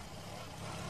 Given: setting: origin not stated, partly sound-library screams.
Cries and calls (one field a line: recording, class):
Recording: one-second piece from a danger detection set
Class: normal situation